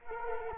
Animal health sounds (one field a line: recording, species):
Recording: mosquito wingbeat signal from an infrared sensor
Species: Culex quinquefasciatus